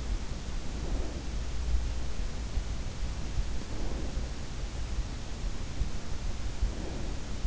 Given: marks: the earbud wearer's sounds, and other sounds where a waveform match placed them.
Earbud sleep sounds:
sounds in sleep by an in-ear microphone; breath
0.50-1.99 s: breath
3.28-4.83 s: breath
6.12-7.47 s: breath

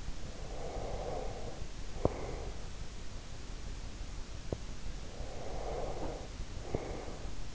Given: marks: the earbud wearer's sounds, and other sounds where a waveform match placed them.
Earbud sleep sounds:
sounds in sleep by an in-ear microphone; breath, teeth grinding
0.32-2.86 s: breath
1.95-2.23 s: teeth grinding
4.41-4.75 s: teeth grinding
5.01-7.55 s: breath

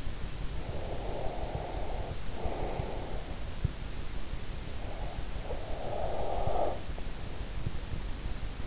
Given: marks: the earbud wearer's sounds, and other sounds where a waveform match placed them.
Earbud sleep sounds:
sounds in sleep by an in-ear microphone; breath
0.00-3.44 s: breath
4.73-7.05 s: breath

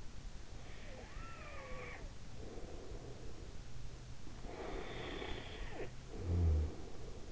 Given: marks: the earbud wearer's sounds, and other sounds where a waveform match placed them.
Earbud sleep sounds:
sounds in sleep by an in-ear microphone; breath, snoring breath
0.66-3.95 s: breath
4.23-7.32 s: snoring breath

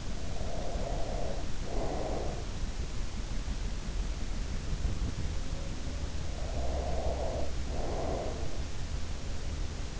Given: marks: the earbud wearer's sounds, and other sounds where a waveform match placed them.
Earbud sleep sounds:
sounds in sleep by an in-ear microphone; breath
0.00-2.50 s: breath
6.30-8.40 s: breath

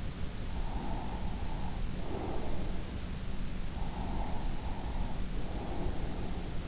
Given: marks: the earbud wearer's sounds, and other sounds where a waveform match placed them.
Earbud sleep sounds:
sounds in sleep by an in-ear microphone; breath
0.56-2.78 s: breath
3.71-6.68 s: breath

